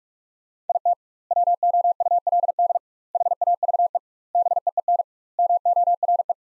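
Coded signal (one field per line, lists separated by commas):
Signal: Morse code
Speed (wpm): 41 wpm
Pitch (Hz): 700 Hz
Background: none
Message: IT WOULD HAVE BEEN MORE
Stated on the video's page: Morse sentence practice at 45 wpm with double standard word spacing, a Farnsworth-like approach, using the top 400 words.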